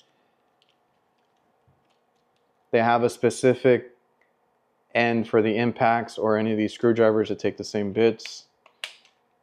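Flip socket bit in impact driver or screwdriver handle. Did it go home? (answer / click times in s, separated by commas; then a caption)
yes / 8.8 s. Someone talks while the hex bit end of a flip socket is pushed into an impact-rated holder or screwdriver handle. A sharp click sounds at 8.8 s as the bit end locks into place, seated in the driver.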